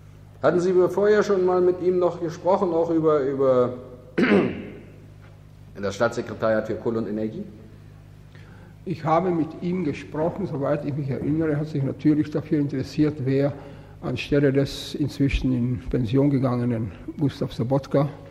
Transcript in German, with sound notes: Hatten Sie wohl vorher schon mal mit ihm noch jesprochen auch über, über - [hüstelt] das Staatssekretariat für Kohle und Energie?
Ich habe mit ihm gesprochen, soweit ich mich erinnere, hat sich natürlich dafür interessiert wer anstelle des inzwischen in Pension gegangene Gutstav Sobottka